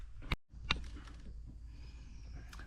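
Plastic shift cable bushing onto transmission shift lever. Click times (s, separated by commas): 0.3 s, 0.7 s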